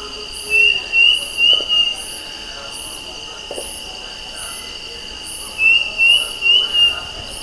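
Bird calls: short upslurred whistled notes in a run of four, repeated after a pause, over steady high insect-like droning tones and faint higher buzzy pulses.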